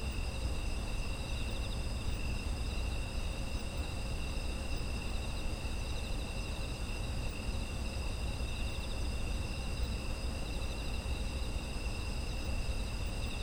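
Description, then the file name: Steady insect chorus, several high trills sustained at once over a low drone. Autumn insect ambient sound. "秋の虫の環境音"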